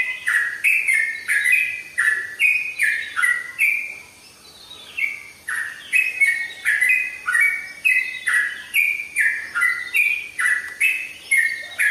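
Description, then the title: Oriental magpie-robin song: repeated short phrases, each a sharp high click dropping into a bright downslurred whistle, about twice per second, with a brief pause midway. "Kicau Kacer"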